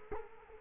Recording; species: mosquito wingbeat signal from an infrared sensor; Culex quinquefasciatus